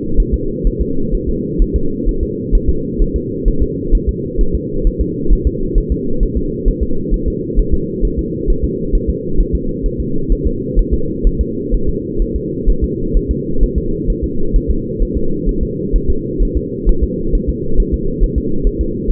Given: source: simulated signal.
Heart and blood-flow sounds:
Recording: fetal heart sounds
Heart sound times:
0.20 s: S1
0.34 s: S2
0.67 s: S1
0.81 s: S2
1.15 s: S1
1.29 s: S2
1.62 s: S1
1.76 s: S2
2.09 s: S1
2.23 s: S2
2.55 s: S1
2.69 s: S2
3.02 s: S1
3.16 s: S2
3.48 s: S1
3.62 s: S2
3.95 s: S1
4.09 s: S2
4.41 s: S1
4.55 s: S2
4.87 s: S1
5.01 s: S2
5.33 s: S1
5.47 s: S2
5.78 s: S1
5.92 s: S2
6.23 s: S1
6.37 s: S2
6.68 s: S1
6.83 s: S2
7.14 s: S1
7.28 s: S2
7.59 s: S1
7.74 s: S2
8.05 s: S1
8.19 s: S2
8.50 s: S1
8.64 s: S2
8.95 s: S1
9.10 s: S2
9.40 s: S1
9.55 s: S2
9.86 s: S1
10.00 s: S2
10.32 s: S1
10.47 s: S2
10.79 s: S1
10.94 s: S2
11.27 s: S1
11.41 s: S2
11.74 s: S1
11.89 s: S2
12.22 s: S1
12.36 s: S2
12.69 s: S1
12.84 s: S2
13.17 s: S1
13.31 s: S2
13.63 s: S1
13.78 s: S2
14.10 s: S1
14.24 s: S2
14.56 s: S1
14.70 s: S2
15.02 s: S1
15.17 s: S2
15.49 s: S1
15.63 s: S2
15.96 s: S1
16.10 s: S2
16.43 s: S1
16.57 s: S2
16.89 s: S1
17.04 s: S2
17.35 s: S1
17.49 s: S2
17.80 s: S1
17.94 s: S2
18.23 s: S1
18.38 s: S2
18.67 s: S1
18.81 s: S2
19.10 s: S1
From the record:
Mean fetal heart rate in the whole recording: 130 bpm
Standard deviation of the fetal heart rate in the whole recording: 4 bpm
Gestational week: 38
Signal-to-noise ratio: -8.1 dB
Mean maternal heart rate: 72 bpm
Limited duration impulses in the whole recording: absent

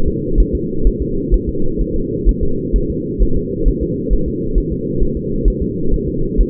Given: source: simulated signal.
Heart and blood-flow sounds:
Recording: fetal heart sounds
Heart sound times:
0.08 s: S2
0.40 s: S1
0.55 s: S2
0.87 s: S1
1.02 s: S2
1.34 s: S1
1.49 s: S2
1.81 s: S1
1.96 s: S2
2.29 s: S1
2.43 s: S2
2.76 s: S1
2.90 s: S2
3.22 s: S1
3.37 s: S2
3.68 s: S1
3.83 s: S2
4.13 s: S1
4.28 s: S2
4.58 s: S1
4.72 s: S2
5.02 s: S1
5.17 s: S2
5.48 s: S1
5.62 s: S2
5.94 s: S1
6.08 s: S2
6.40 s: S1
From the record:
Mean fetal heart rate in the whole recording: 130 bpm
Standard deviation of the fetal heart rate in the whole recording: 2 bpm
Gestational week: 36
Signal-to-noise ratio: -8.1 dB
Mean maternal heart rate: 72 bpm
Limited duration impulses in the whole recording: absent

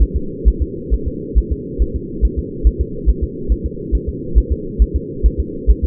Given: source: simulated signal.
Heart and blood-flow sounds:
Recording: fetal heart sounds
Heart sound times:
0.02 s: S1
0.16 s: S2
0.48 s: S1
0.62 s: S2
0.94 s: S1
1.08 s: S2
1.38 s: S1
1.52 s: S2
1.82 s: S1
1.96 s: S2
2.25 s: S1
2.39 s: S2
2.67 s: S1
2.81 s: S2
3.09 s: S1
3.23 s: S2
3.52 s: S1
3.66 s: S2
3.95 s: S1
4.09 s: S2
4.38 s: S1
4.52 s: S2
4.82 s: S1
4.96 s: S2
5.26 s: S1
5.40 s: S2
5.70 s: S1
5.84 s: S2
From the record:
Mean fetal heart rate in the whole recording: 135 bpm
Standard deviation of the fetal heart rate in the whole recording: 3 bpm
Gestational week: 34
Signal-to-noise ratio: -4.3 dB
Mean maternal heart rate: 72 bpm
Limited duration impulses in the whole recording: absent

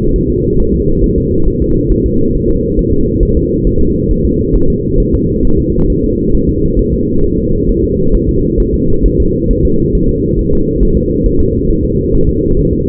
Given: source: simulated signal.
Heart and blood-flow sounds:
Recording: fetal heart sounds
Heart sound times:
0.16 s: S1
0.30 s: S2
0.60 s: S1
0.74 s: S2
1.04 s: S1
1.18 s: S2
1.48 s: S1
1.62 s: S2
1.92 s: S1
2.06 s: S2
2.35 s: S1
2.50 s: S2
2.79 s: S1
2.93 s: S2
3.23 s: S1
3.37 s: S2
3.67 s: S1
3.81 s: S2
4.11 s: S1
4.25 s: S2
4.56 s: S1
4.70 s: S2
5.00 s: S1
5.14 s: S2
5.45 s: S1
5.59 s: S2
5.90 s: S1
6.04 s: S2
6.35 s: S1
6.49 s: S2
6.79 s: S1
6.94 s: S2
7.24 s: S1
7.39 s: S2
7.69 s: S1
7.84 s: S2
8.15 s: S1
8.29 s: S2
8.60 s: S1
8.74 s: S2
9.06 s: S1
9.20 s: S2
9.51 s: S1
9.65 s: S2
9.95 s: S1
10.09 s: S2
10.39 s: S1
10.53 s: S2
10.83 s: S1
10.97 s: S2
11.26 s: S1
11.41 s: S2
11.70 s: S1
11.85 s: S2
12.15 s: S1
12.29 s: S2
12.59 s: S1
12.74 s: S2
From the record:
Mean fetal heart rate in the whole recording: 135 bpm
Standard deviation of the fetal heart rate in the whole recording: 3 bpm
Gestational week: 36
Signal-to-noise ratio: -16.4 dB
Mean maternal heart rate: 72 bpm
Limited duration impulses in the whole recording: present

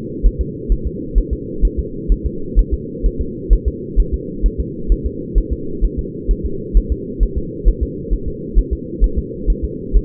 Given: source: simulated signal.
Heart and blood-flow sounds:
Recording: fetal heart sounds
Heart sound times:
0.26 s: S1
0.41 s: S2
0.72 s: S1
0.87 s: S2
1.18 s: S1
1.33 s: S2
1.65 s: S1
1.79 s: S2
2.12 s: S1
2.26 s: S2
2.59 s: S1
2.74 s: S2
3.06 s: S1
3.21 s: S2
3.53 s: S1
3.68 s: S2
4.00 s: S1
4.14 s: S2
4.46 s: S1
4.60 s: S2
4.92 s: S1
5.06 s: S2
5.38 s: S1
5.53 s: S2
5.84 s: S1
5.99 s: S2
6.31 s: S1
6.45 s: S2
6.77 s: S1
6.92 s: S2
7.23 s: S1
7.38 s: S2
7.68 s: S1
7.83 s: S2
8.13 s: S1
8.28 s: S2
8.59 s: S1
8.73 s: S2
9.04 s: S1
9.18 s: S2
9.50 s: S1
9.64 s: S2
9.96 s: S1
From the record:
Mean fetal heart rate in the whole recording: 130 bpm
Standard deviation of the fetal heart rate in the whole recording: 2 bpm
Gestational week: 36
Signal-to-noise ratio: -4.3 dB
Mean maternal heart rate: 72 bpm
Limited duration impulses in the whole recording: absent

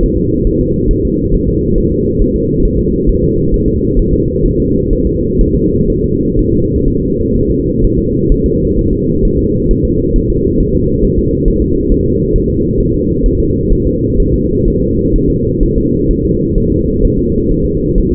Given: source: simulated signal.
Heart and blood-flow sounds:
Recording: fetal heart sounds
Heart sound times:
0.03 s: S1
0.17 s: S2
0.47 s: S1
0.61 s: S2
0.91 s: S1
1.05 s: S2
1.34 s: S1
1.49 s: S2
1.78 s: S1
1.92 s: S2
2.21 s: S1
2.36 s: S2
2.65 s: S1
2.79 s: S2
3.09 s: S1
3.23 s: S2
3.54 s: S1
3.68 s: S2
3.99 s: S1
4.13 s: S2
4.46 s: S1
4.60 s: S2
4.93 s: S1
5.07 s: S2
5.41 s: S1
5.55 s: S2
5.90 s: S1
6.04 s: S2
6.39 s: S1
6.53 s: S2
6.88 s: S1
7.02 s: S2
7.36 s: S1
7.50 s: S2
7.84 s: S1
7.99 s: S2
8.32 s: S1
8.46 s: S2
8.79 s: S1
8.93 s: S2
9.25 s: S1
9.39 s: S2
9.71 s: S1
9.85 s: S2
10.16 s: S1
10.30 s: S2
10.61 s: S1
10.75 s: S2
11.04 s: S1
11.19 s: S2
11.48 s: S1
11.62 s: S2
11.92 s: S1
12.06 s: S2
12.36 s: S1
12.50 s: S2
12.80 s: S1
12.94 s: S2
13.26 s: S1
13.40 s: S2
13.72 s: S1
13.87 s: S2
14.20 s: S1
14.34 s: S2
14.68 s: S1
14.82 s: S2
15.16 s: S1
15.30 s: S2
15.63 s: S1
15.77 s: S2
16.11 s: S1
16.25 s: S2
16.58 s: S1
16.72 s: S2
17.05 s: S1
17.19 s: S2
17.51 s: S1
17.66 s: S2
17.98 s: S1
18.12 s: S2
From the record:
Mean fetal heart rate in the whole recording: 130 bpm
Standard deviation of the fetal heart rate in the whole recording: 4 bpm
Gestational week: 38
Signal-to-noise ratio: -10.2 dB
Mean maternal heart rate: 72 bpm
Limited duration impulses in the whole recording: present

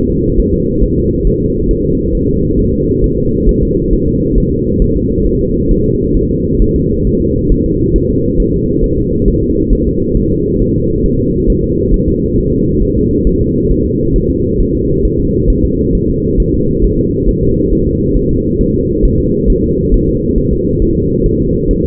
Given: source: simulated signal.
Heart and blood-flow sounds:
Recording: fetal heart sounds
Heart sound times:
0.10 s: S2
0.39 s: S1
0.54 s: S2
0.83 s: S1
0.98 s: S2
1.27 s: S1
1.42 s: S2
1.71 s: S1
1.85 s: S2
2.15 s: S1
2.29 s: S2
2.59 s: S1
2.74 s: S2
3.04 s: S1
3.18 s: S2
3.49 s: S1
3.63 s: S2
3.93 s: S1
4.08 s: S2
4.38 s: S1
4.52 s: S2
4.82 s: S1
4.96 s: S2
5.26 s: S1
5.41 s: S2
5.71 s: S1
5.86 s: S2
6.17 s: S1
6.31 s: S2
6.62 s: S1
6.76 s: S2
7.07 s: S1
7.21 s: S2
7.52 s: S1
7.66 s: S2
7.96 s: S1
8.10 s: S2
8.40 s: S1
8.54 s: S2
8.84 s: S1
8.98 s: S2
9.28 s: S1
9.43 s: S2
9.73 s: S1
9.87 s: S2
10.17 s: S1
10.32 s: S2
10.62 s: S1
10.76 s: S2
11.06 s: S1
11.20 s: S2
11.50 s: S1
11.64 s: S2
11.94 s: S1
12.08 s: S2
12.38 s: S1
12.52 s: S2
12.82 s: S1
12.97 s: S2
13.27 s: S1
13.41 s: S2
13.71 s: S1
13.86 s: S2
14.16 s: S1
14.30 s: S2
14.60 s: S1
14.75 s: S2
15.05 s: S1
15.20 s: S2
15.50 s: S1
15.64 s: S2
15.95 s: S1
16.09 s: S2
16.40 s: S1
16.54 s: S2
16.84 s: S1
16.99 s: S2
17.29 s: S1
17.43 s: S2
17.73 s: S1
17.87 s: S2
18.17 s: S1
18.31 s: S2
18.61 s: S1
18.75 s: S2
19.05 s: S1
19.20 s: S2
19.50 s: S1
19.64 s: S2
19.94 s: S1
20.09 s: S2
20.38 s: S1
20.53 s: S2
20.82 s: S1
20.97 s: S2
21.26 s: S1
21.41 s: S2
21.71 s: S1
21.85 s: S2
From the record:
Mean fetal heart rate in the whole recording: 135 bpm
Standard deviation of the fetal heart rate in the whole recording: 3 bpm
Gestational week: 36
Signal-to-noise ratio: -14.7 dB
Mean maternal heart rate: 72 bpm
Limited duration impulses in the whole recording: present

